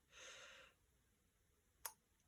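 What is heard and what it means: While checking valve timing on a rebuilt Saito FA 170 R3 radial model engine, a metal timing part is dropped into the number one cylinder's bore at top dead centre. A soft, breathy rush from about 0.1 to 0.7 s is followed by quiet, then a single sharp click at 1.9 s as the part drops right into place. The part seats, confirming number one is correct.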